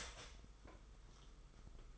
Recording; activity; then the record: daily activity, microphone in the room; start toaster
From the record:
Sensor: 5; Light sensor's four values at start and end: 40/122/47/50 and 40/122/47/50